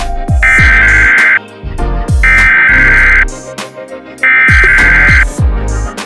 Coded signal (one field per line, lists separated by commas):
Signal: Emergency Alert System (SAME) tones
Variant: header bursts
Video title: EAS Mocks: Behind the scenes